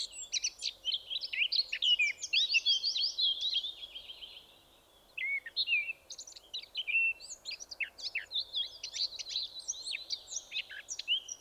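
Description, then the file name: Eurasian blackcap delivering rapid, jumbled warbles and clear slurred notes, a gap of about a second midway, then the chattering resumes. "Sylvia atricapilla"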